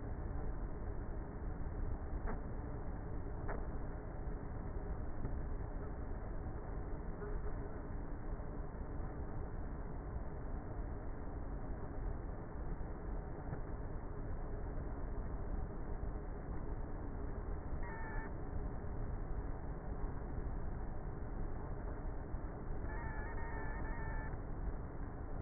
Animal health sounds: honeybee colony, microphone inside the hive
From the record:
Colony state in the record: queenless with a low population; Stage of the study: before two queens were removed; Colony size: about 30,000 bees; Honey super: no

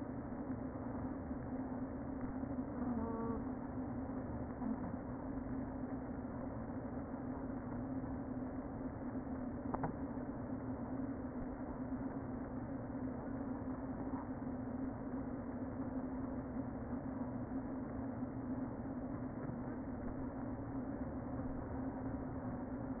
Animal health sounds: honeybee colony, microphone inside the hive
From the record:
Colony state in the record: queen present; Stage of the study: before two queens were removed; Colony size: about 60,000 bees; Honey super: yes

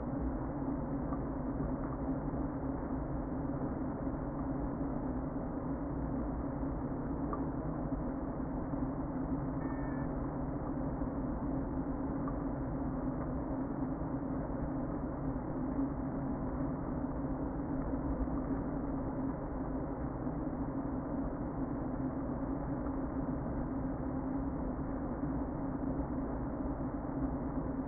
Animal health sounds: honeybee colony, microphone inside the hive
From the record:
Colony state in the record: queen present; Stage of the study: before two queens were removed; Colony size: about 60,000 bees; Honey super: yes

